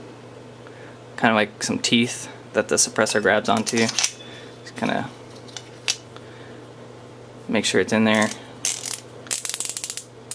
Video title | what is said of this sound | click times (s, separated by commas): AngryGun SOCOM556 FDE Overview | pretty cool uh really positive clicking sound so you know it's a secure once you tighten it all the way | 9.3 s, 9.5 s, 9.7 s